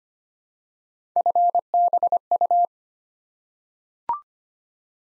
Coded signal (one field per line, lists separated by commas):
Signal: Morse code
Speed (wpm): 25 wpm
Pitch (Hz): 700 Hz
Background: none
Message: FBU